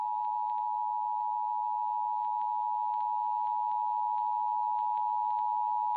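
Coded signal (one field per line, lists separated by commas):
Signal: Emergency Alert System (SAME) tones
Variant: 853 and 960 Hz attention tone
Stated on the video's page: A fictional EAS scenario, made with text-to-speech.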